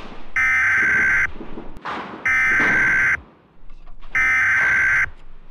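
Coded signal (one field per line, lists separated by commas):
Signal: Emergency Alert System (SAME) tones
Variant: header bursts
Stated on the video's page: Fictional EAS scenario, a recreation.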